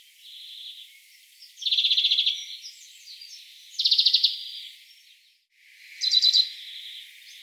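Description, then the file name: European greenfinch producing buzzy rapid trills, three loud bursts a couple of seconds apart, amid softer twittering. "Chloris chloris"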